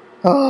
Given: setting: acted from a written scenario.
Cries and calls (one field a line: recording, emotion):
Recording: vocal sound without words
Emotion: relief